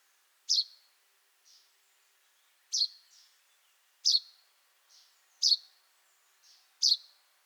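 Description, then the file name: Common chaffinch uttering bright, sharp call notes about every one to two seconds, five loud ones alternating with faint softer notes. "Fringilla coelebs"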